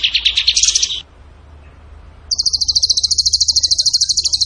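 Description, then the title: Bird song opens with a short, lower buzzy trill, falls silent briefly, then breaks into a long, even, very high rapid rattle. Masteran training recording for cage birds; song in the tembakan gacor style. "Masteran Burung Tembakan Gacor"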